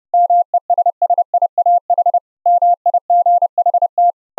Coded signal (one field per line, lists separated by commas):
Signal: Morse code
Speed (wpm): 30 wpm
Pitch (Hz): 700 Hz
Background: none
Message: MESSIAH MIGHT